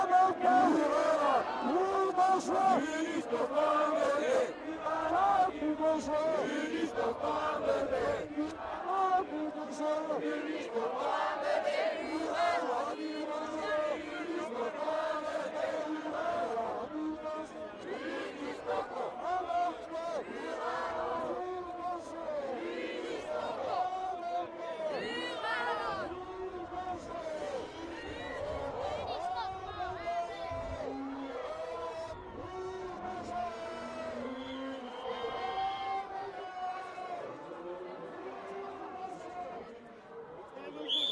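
A crowd of demonstrators marching, with many voices overlapping in a continuous dense chatter and shouting throughout, some louder calls rising above the mass. The level stays fairly steady for the whole 41 seconds, easing slightly toward the end; no train is clearly evident.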